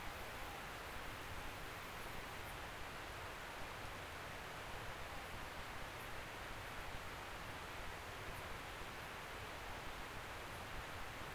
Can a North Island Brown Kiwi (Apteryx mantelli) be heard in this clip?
no